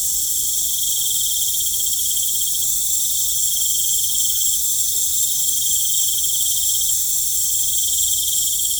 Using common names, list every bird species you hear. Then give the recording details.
none. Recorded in pastures near Puerto Asís, Putumayo, Colombia, on 20 December 2024 at 19:30. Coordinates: 0.496, -76.326. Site G004